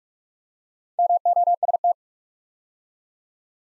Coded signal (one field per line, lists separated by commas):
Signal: Morse code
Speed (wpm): 47 wpm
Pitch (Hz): 700 Hz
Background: none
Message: MOST